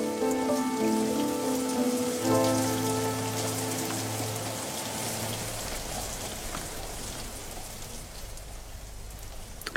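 Steady rain patters and hisses throughout, with scattered drops tapping a surface. Sustained low musical tones hum beneath it for the first half, then fade, leaving only the rain.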